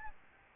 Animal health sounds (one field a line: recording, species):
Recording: mosquito wingbeat signal from an infrared sensor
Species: Aedes albopictus